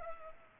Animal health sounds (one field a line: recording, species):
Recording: mosquito wingbeat signal from an infrared sensor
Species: Culex pipiens